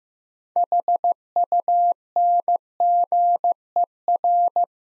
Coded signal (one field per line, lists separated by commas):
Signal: Morse code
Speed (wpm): 15 wpm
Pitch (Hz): 700 Hz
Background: none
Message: HUNGER